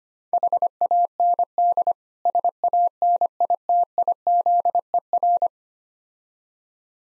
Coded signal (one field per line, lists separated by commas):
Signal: Morse code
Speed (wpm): 25 wpm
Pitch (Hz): 700 Hz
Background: none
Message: HAND SANITIZER